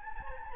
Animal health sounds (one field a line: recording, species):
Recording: mosquito wingbeat signal from an infrared sensor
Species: Anopheles gambiae